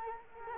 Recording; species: mosquito wingbeat signal from an infrared sensor; Culex quinquefasciatus